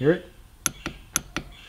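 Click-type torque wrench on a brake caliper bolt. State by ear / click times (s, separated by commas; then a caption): torque reached / 0.7 s, 0.9 s, 1.2 s, 1.4 s. Someone talks briefly as a click-type torque wrench is pushed repeatedly on a brake caliper bolt of a 2017 Suzuki GSX-R1000R. It gives four sharp metallic clicks at 0.7, 0.9, 1.2 and 1.4 seconds. Each click means the bolt has reached 29, the torque spec.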